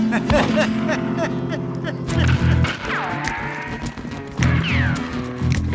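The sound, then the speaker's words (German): A stolen horse gallops off, hooves clip-clopping in a quick, uneven rhythm beneath a dense, loud layer of tonal sound and voice-like cries that sweep up and down in pitch. “Der klaut mein Pferd.”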